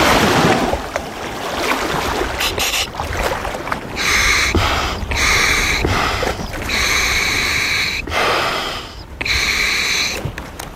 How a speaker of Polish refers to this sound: To jest taki twój swobodny oddech pod wodą. Tak. Dokładnie tak. Na pewno trzeba się do tego przyzwyczaić. Powietrze jest suche, powietrze jest gęstsze.